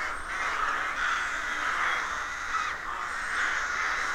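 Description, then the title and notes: Rook colony cawing, a thick, unbroken chorus of rough calls. Colony of more than 300 rooks nesting in a dozen roadside trees in rural County Armagh, early spring; pairs greeting, squabbling with neighbours as first chicks hatch. "Sound Escape 113: Enjoy the stirring cacophony of a rook colony. We wandering in deeply rural County Armagh. It's early spring and the rooks rule the woodlands. BBC Countryfile Magazine's Sound Escapes"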